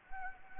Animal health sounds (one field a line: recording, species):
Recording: mosquito wingbeat signal from an infrared sensor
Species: Anopheles gambiae